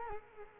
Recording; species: mosquito wingbeat signal from an infrared sensor; Culex quinquefasciatus